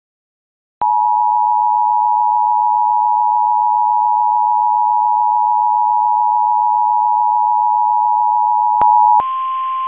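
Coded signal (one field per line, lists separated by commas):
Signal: Emergency Alert System (SAME) tones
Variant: 853 and 960 Hz attention tone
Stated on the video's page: Severe thunderstorm warning on a radio station.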